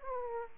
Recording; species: mosquito wingbeat signal from an infrared sensor; Aedes aegypti